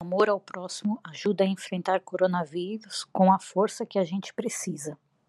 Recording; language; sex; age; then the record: spoken sentence; Brazilian Portuguese; female; 30 to 39 years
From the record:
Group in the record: control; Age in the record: 37 years